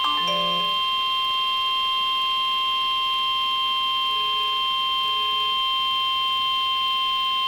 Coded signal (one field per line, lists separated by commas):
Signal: Emergency Alert System (SAME) tones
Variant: 1050 Hz attention tone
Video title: Flood Warning (EAS #238)